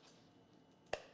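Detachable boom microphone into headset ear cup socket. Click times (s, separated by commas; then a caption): 0.9 s. A detachable boom microphone is pushed into the socket on a gaming headset's ear cup. After a quiet stretch of faint handling noise, a single sharp, bright snap comes at 0.9 seconds as the mic pops in and seats. No talk is heard in the clip.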